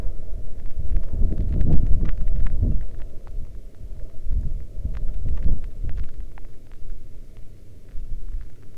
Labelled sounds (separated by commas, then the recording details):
rain
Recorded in the Arctic National Wildlife Refuge, Alaska, on 11 August 2019 at 22:32
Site 40